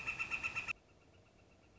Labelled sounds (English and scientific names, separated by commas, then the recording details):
Northern Flicker (Colaptes auratus)
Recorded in Sonoma County, California